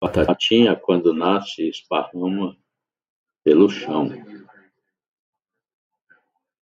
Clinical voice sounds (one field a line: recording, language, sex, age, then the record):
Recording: short text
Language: Brazilian Portuguese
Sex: male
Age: 60 to 69 years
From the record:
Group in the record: control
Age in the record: 68 years